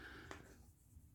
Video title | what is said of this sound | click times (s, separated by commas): Workshop Flooring | click it together and it snaps into place | 0.3 s